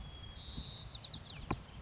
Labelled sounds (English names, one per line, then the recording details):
White-crowned Sparrow
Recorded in Sonoma County, California